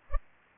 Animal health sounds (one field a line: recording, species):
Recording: mosquito wingbeat signal from an infrared sensor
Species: Culex pipiens